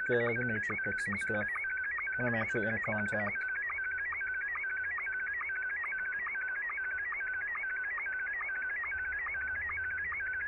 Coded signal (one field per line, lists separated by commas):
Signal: SSTV (slow-scan television)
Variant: Scottie 1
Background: speech